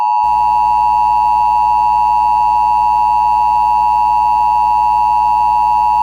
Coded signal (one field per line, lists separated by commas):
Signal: Emergency Alert System (SAME) tones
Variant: 853 and 960 Hz attention tone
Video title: Terrorists??? (First EAS Scenario)